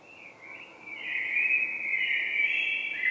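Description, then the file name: Common blackbird: a sustained, slightly wavering high phrase that grows louder, over background hiss. "Turdus merula"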